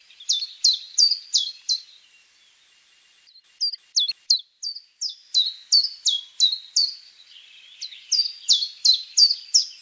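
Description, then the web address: Common chiffchaff calls: a series of short, sharp, high notes, each dropping in pitch, repeated about three times a second in bursts with brief pauses between runs. "phylloscopus collybita call"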